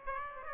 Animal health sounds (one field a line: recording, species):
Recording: mosquito wingbeat signal from an infrared sensor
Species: Aedes aegypti